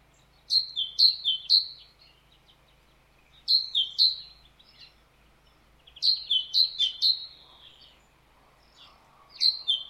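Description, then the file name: Great tit song: a seesawing two-note phrase repeated a few times per burst, with bursts at roughly regular intervals. "Parus major"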